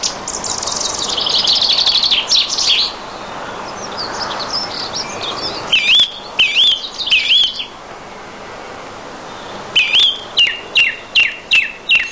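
Song thrush singing varied phrases, scratchy trills and whistled notes, with phrases repeated several times, including a closing series of sharp repeated notes.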